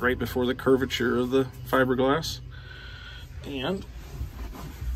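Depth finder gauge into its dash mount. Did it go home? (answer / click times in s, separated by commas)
no / none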